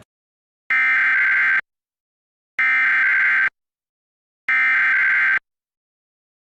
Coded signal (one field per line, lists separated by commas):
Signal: Emergency Alert System (SAME) tones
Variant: header bursts